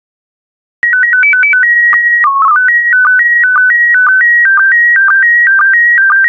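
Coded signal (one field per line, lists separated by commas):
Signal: SSTV (slow-scan television)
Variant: PD 120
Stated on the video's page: SSTV PD120 images sent for decoding practice.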